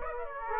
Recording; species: mosquito wingbeat signal from an infrared sensor; Aedes aegypti